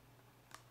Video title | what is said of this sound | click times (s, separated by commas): ResMed Quattro Air Full Face Mask For CPAP Bilevel Mask Review Demonstration FreeCPAPAdvice.com | kind of line that up and don't really even have to push it in you heard it click i didn't really do much | 0.5 s